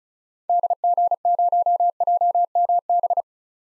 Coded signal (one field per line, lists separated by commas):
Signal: Morse code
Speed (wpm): 36 wpm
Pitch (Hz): 700 Hz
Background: none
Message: DG0JMB